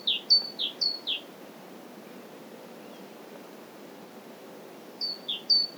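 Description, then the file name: Great tit delivering short bursts of two-note high-low phrases, separated by a long quiet stretch, then resuming the same rhythmic pattern. "Parus major"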